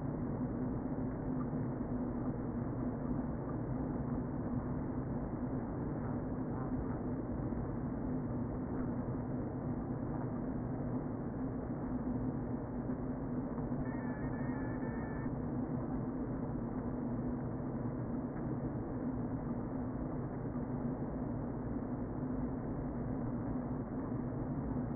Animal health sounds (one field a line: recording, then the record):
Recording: honeybee colony, microphone inside the hive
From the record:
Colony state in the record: queen present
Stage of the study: before two queens were removed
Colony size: about 60,000 bees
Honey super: yes